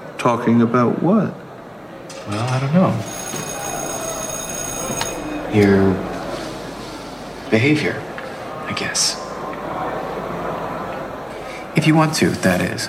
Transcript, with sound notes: Talking about what?
Well, I don't know... (SOUNDBITE OF ALARM BELL RINGING) ...Your behavior, I guess. If you want to, that is.